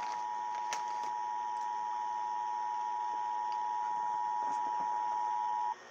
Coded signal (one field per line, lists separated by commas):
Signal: Emergency Alert System (SAME) tones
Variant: 853 and 960 Hz attention tone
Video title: EAS 690 TX CAE